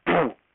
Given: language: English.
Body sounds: throat vibration sensor signal played as sound; throat clearing

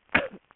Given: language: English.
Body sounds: throat vibration sensor signal played as sound; cough

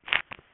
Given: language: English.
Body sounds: throat vibration sensor signal played as sound; swallow

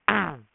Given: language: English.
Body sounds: throat vibration sensor signal played as sound; throat clearing

